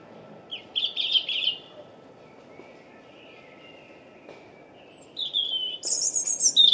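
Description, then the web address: European robin song in two bursts: a fast jumble of high scratchy notes, a pause of several seconds, then thin whistles and bright trilled notes, low hum throughout. "Deverinetal 2025 Bird Only Er Ru"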